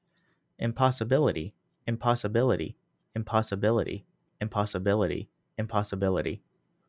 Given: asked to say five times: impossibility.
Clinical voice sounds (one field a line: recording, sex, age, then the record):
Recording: repeated word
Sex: male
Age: 20 to 29 years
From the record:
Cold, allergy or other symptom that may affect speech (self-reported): no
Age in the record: 28 years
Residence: Pennsylvania, United States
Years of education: 18